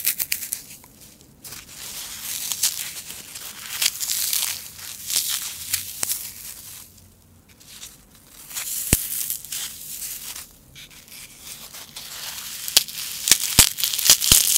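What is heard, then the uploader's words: Floral foam being crunched and broken, a dry, bright crackling that comes in uneven bursts with brief quieter gaps around two, seven and ten seconds. Sharp clicks and snaps punctuate the texture, growing more frequent and pronounced in the last few seconds. Floral Foam (Crunchy Sounds).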